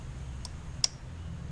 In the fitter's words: is your hose with the Quick Connect you're just gonna push it on and listen for the click right